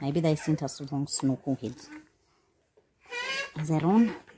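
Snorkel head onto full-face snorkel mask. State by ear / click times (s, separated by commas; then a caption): not seated / none. A snorkel head is handled against a plastic full-face snorkel mask while someone talks, with a quiet pause in the middle of the speech. Nothing has seated or clicked onto the mask yet.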